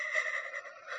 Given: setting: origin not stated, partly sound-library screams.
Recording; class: one-second piece from a danger detection set; woman in danger